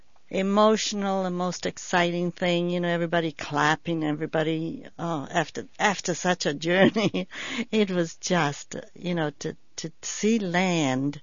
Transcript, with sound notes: emotional and most exciting thing, you know, everybody clapping and everybody, oh, after such a journey ( she laughs ) it was just, you know, to see land